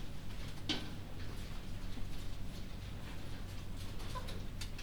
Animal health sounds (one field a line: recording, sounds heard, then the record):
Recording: poultry house recording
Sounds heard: healthy chickens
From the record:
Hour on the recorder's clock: 23